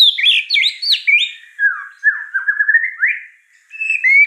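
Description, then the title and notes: White-rumped shama singing a flowing phrase of slurred, warbled whistles that dip and rise, ending in clear upward-sliding notes. Lure song (pancingan), vigorous singing (gacor) with rich fill-in phrases (isian mewah). "Pancingan Gacor Murai Batu Bongkar Isian Mewah. Audio Murai Batu Dongfeng"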